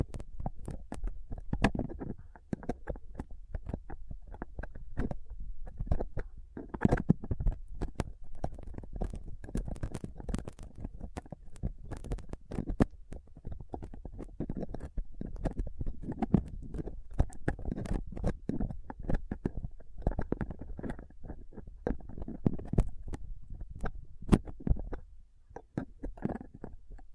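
Dense, rapid scratching and picking on a rough microphone with a dental pick, tweezers and a cotton swab. Sharp crackling ticks come constantly over a low rumbling scrape, with brief quieter gaps near 2, 13 and 25 seconds.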